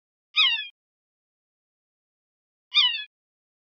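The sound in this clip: Red-naped sapsucker giving two nasal, mewing squeals, each slurring downward with a harsh, cat-like quality, about two and a half seconds apart; otherwise quiet.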